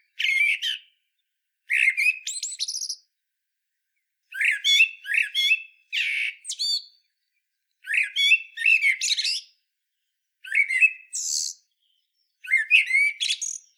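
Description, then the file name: Common blackbird song: short mellow whistled phrases, each ending in a squeaky high twitter, delivered in bursts separated by brief pauses over a quiet background. "Turdus merula"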